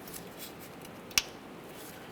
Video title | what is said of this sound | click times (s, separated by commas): How to Replace Timing Belt Kit with Water Pump 2007-2013 Acura MDX | hear a click on that with all the pulley in place | 1.2 s